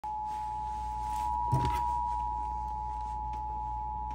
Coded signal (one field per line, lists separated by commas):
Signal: Emergency Alert System (SAME) tones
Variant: 853 and 960 Hz attention tone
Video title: EAS: Tornado Watch #110 for 8 counties in North Texas until 8:45 PM